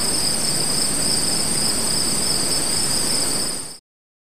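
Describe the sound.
Crickets trilling continuously in high, steady bands, set against a broad noisy hiss, until the sound cuts off abruptly near the end.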